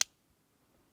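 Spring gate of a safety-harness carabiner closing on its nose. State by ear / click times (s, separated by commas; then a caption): seated / 0.0 s. The spring gate of a metal carabiner on a tree-stand safety line snaps shut onto its nose, released without being controlled by the thumb. It makes one sharp, bright metal click at 0.0 s, then near silence with only faint low rustles. The gate is seated closed, showing the kind of click that can spook a mature whitetail at close range.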